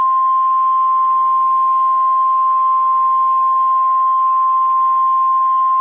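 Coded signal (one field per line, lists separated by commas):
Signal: Emergency Alert System (SAME) tones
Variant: 1050 Hz attention tone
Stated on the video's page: Fictional EAS mini scenario.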